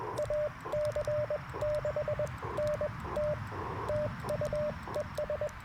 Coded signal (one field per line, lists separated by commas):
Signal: Morse code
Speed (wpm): 21 wpm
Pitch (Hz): 600 Hz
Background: radio noise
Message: AC6NT TU ES